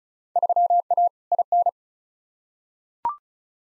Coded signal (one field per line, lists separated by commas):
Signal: Morse code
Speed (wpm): 36 wpm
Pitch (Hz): 700 Hz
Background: none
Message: 3A IN